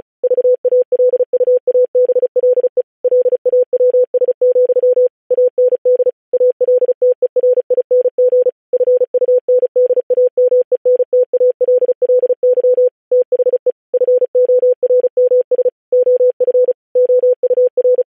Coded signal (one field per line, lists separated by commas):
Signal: Morse code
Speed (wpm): 36 wpm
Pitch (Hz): 500 Hz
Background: none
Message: VALUABLE LAWS, AND ALTERING FUNDAMENTALLY THE FORMS OF OUR